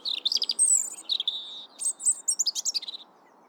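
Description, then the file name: European robin singing, a quick burst of high tinkling notes, a drawn-out thin whistle, then a jumbled sparkling trill of varied notes. "Erithacus rubecula"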